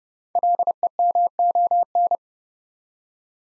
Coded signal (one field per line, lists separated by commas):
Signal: Morse code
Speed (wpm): 29 wpm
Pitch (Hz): 700 Hz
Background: none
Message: LEMON